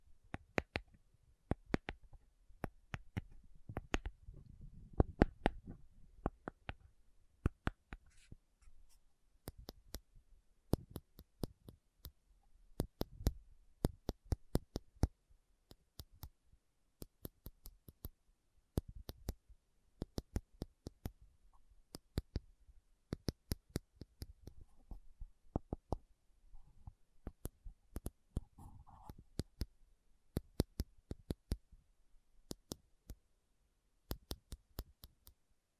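Tapping on metal, in sharp, bright clicks that come in uneven clusters of a few per second, with short pauses between runs. Soft low thumps and light rubbing sit underneath, stronger around five and thirteen seconds, and the tapping keeps this loose pace throughout.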